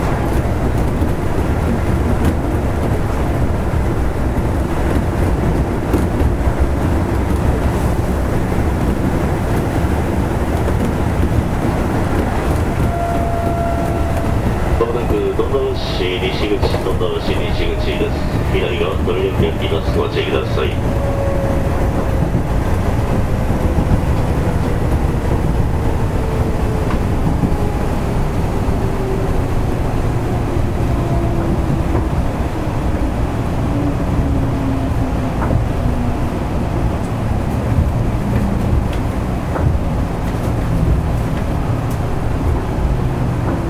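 Running sound recorded aboard a commuter electric train: a dense, steady low rumble of wheels and motors fills the whole recording. Around 15 to 21 seconds a brief cluster of bright chirps and clicks rises above it, and a slowly falling tone sinks away through the middle section.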